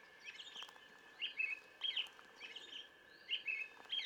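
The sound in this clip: Brown thrasher song: varied short phrases, some given in pairs, over noisy background hum.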